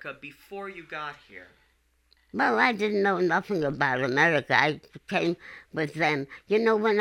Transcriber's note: none